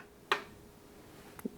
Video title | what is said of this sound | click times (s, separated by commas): Beko washing machine review on WTK72011 WTK74011 WTK82011 WTK84011 WTK94121 WTK104121 | Hear the lock clicking in, and | 0.3 s